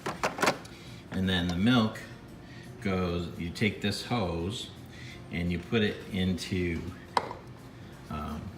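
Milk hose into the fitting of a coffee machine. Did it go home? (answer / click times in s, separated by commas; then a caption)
yes / 7.2 s. A milk hose is pushed into a small plastic fitting on a coffee machine while someone talks. A sharp, short click at 7.2 s marks the fitting locking into place, with a few quick taps near the start of the clip.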